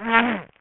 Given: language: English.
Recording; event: throat vibration sensor signal played as sound; throat clearing